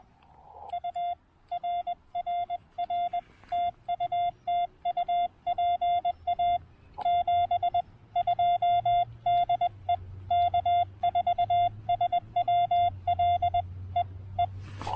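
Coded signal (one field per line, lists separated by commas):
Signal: Morse code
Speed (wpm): 20 wpm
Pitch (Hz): 3500 Hz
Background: none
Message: U RRR TU TU PA 72 DE K4SWL E E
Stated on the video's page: Live CW POTA park activation in heavy rain, QRP.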